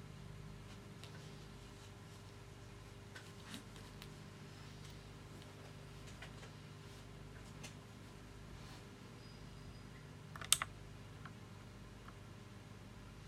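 A loud mechanical keyboard recorded close-up, with scattered, soft key clicks spread irregularly through the clip over a steady low hum. Around ten and a half seconds a sharp cluster of louder clacks stands out, then the light tapping resumes.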